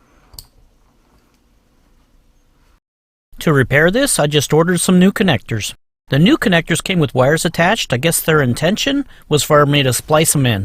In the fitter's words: To install it, simply push it on. Listen for the click.